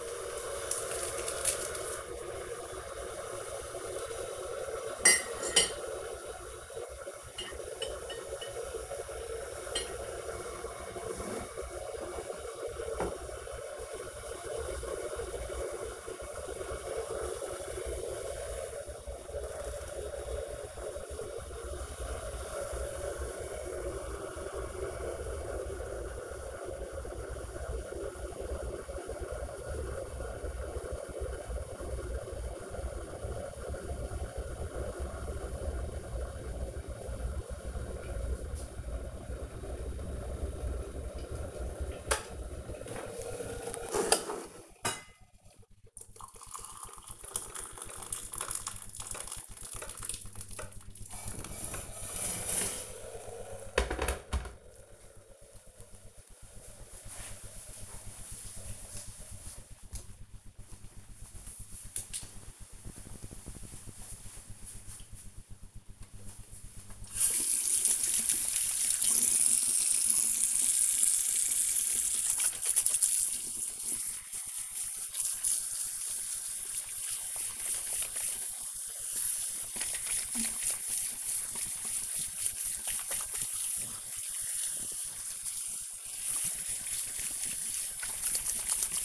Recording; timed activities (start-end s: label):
household activities, microphone on the right wrist
0.00-54.94 s: making tea
65.97-89.05 s: washing hands